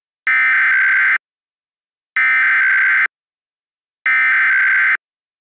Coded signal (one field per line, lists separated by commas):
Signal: Emergency Alert System (SAME) tones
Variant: header bursts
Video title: EAS Mock: CAVE AWIPS new product test (Experimental)